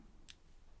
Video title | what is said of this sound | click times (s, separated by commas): Aura 2 Strap Unboxing and First Impressions - Smart Band for Apple Watch | just put it there until it clicks and same on the other side | 0.3 s